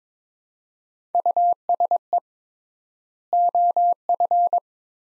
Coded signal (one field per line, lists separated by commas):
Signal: Morse code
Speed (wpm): 22 wpm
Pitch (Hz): 700 Hz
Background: none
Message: USE OF